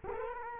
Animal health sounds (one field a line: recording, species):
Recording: mosquito wingbeat signal from an infrared sensor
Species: Culex quinquefasciatus